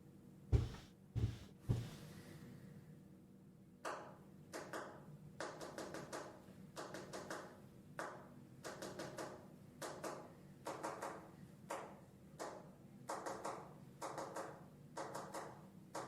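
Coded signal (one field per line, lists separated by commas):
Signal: tap code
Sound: three loud knocks, then a long run of quieter taps in clustered groups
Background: room ambience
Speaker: we went together with 10 secret messages by tapping out a code that we'd love from a book The knock code not code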